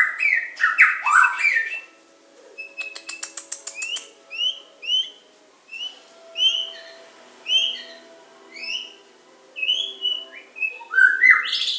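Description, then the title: Oriental magpie-robin singing loud whistled phrases, then a series of short notes repeated in small groups, ending with more emphatic varied whistles. "Kicau Kacer"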